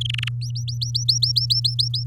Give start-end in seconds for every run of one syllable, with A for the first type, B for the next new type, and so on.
0.01-0.28 A, 0.41-2.04 B